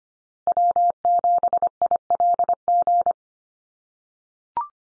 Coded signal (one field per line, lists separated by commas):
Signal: Morse code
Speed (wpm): 25 wpm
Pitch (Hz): 700 Hz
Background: none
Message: W7ILG